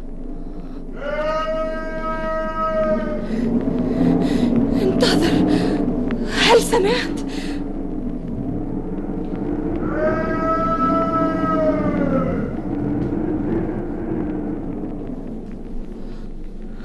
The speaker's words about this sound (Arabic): اسمعوا. إنه صوت الرياح تولول فوق التلال، دائما تصرخ في ألم ورهبة.